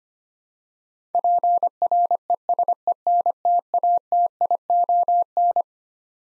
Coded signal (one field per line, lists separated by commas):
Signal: Morse code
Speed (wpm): 25 wpm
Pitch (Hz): 700 Hz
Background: none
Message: PRESENTATION